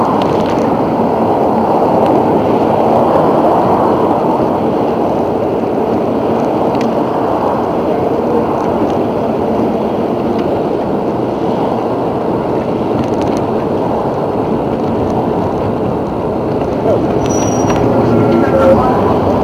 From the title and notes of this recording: Barbur-traffic-protected-bikelane. Rush hour on Barbur Blvd despite having given too many lanes to cars, they all want to be in just one anyway.